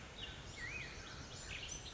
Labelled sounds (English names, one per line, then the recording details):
Black-headed Grosbeak
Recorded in Sonoma County, California